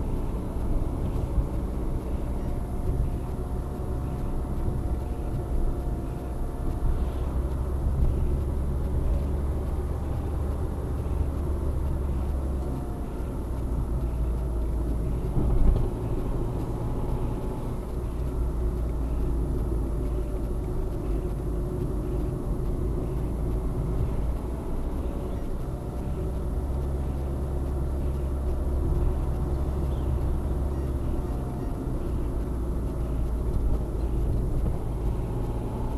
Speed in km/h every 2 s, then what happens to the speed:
47, 51, 50, 52, 53, 55, 53, 43, 42, 45, 43, 41, 39, 36, 27, 25, 38, 45.
0-10 speeds up to 55. 10-14 slows to 43. 18-29 slows to 25. 30-36 speeds up to 45.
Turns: 21-29.